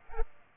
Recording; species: mosquito wingbeat signal from an infrared sensor; Aedes aegypti